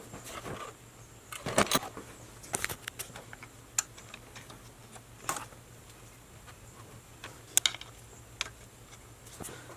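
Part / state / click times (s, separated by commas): canister vent valve onto its mounting bracket / not seated / none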